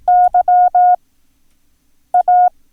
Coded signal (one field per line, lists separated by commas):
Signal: Morse code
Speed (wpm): 18 wpm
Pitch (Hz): 720 Hz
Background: none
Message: YA